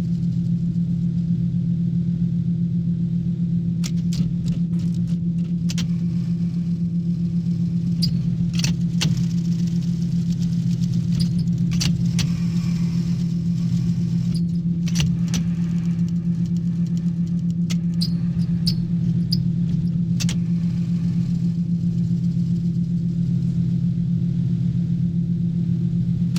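A revolving machine hums steadily throughout, a low, constant drone with a slight rumble that never changes in pitch or loudness. Over it come scattered brief clicks and ticks, clustered around 4 to 20 seconds, some sharp and bright.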